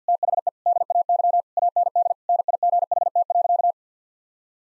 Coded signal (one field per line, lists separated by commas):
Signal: Morse code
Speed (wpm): 50 wpm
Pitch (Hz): 700 Hz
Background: none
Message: THE DAY AND NIGHT.